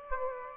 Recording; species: mosquito wingbeat signal from an infrared sensor; Aedes aegypti